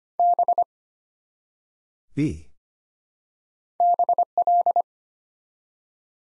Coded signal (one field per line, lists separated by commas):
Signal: Morse code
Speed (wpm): 25 wpm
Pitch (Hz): 700 Hz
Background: none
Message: B BL